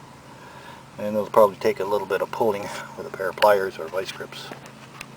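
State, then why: Not seated. Someone talks while working a muffler retaining spring onto the exhaust mount of a 2001 Ski-Doo Mach Z snowmobile with channel lock pliers. Two brief sharp ticks come near the end, at about 5.0 and 5.2 seconds. Nothing has seated or clicked into place yet.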